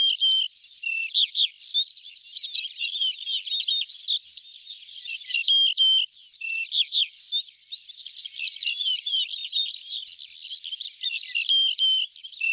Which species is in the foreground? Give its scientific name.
Emberiza aureola